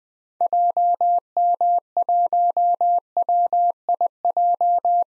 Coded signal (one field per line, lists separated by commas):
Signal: Morse code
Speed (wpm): 20 wpm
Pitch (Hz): 700 Hz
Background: none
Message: JM1WIJ